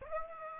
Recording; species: mosquito wingbeat signal from an infrared sensor; Aedes aegypti